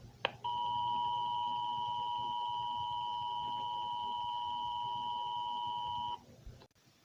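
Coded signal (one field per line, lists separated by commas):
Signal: Emergency Alert System (SAME) tones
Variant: 853 and 960 Hz attention tone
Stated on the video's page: Fictional EAS scenario, not a real alert.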